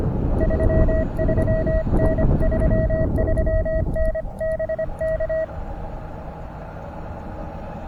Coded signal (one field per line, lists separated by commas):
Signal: Morse code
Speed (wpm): 25 wpm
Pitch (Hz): 640 Hz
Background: none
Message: 33N 33N BK